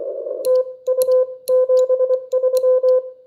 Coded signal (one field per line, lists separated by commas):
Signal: Morse code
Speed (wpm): 22 wpm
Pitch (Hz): 500 Hz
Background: none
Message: TU 73